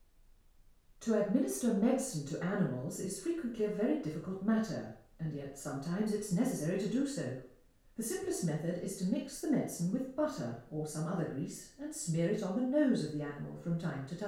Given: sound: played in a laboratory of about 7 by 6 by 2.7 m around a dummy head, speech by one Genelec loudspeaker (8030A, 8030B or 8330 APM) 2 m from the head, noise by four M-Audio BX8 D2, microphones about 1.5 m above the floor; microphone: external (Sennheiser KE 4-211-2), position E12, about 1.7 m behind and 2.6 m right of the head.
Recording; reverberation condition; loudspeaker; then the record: female speech in English; medium; 90 degrees to the right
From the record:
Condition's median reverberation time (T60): about 510 ms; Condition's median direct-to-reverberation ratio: about -0.5 dB